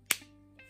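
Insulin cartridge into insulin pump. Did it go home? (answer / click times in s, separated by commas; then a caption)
yes / 0.1 s. A new, insulin-filled plastic cartridge is pushed into a T-Slim insulin pump. It gives a single sharp click at 0.1 s, then a faint, softer rustle near 0.6 s. The cartridge snaps into place and is seated.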